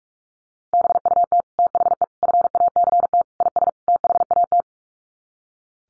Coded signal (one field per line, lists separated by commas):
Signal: Morse code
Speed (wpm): 44 wpm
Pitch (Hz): 700 Hz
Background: none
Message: BUT THE FACT IS THAT